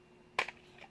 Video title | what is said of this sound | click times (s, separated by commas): Benchmade 162, Spyderco Bushcrafter, and Mora Garberg sheaths (part 1) | just where it clicks I guess | 0.4 s